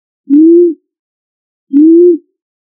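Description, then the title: Pigeon cooing, two smooth low hoots, each about half a second, slightly rising then level, spaced about one and a half seconds apart, with silence between. "LuckyFamilia ColumbidaePombaSama"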